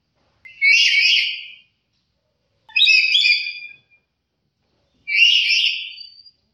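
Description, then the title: Black-capped lory uttering three loud, raspy screeches spaced roughly two seconds apart against a silent background. "Nuri kepala hitam"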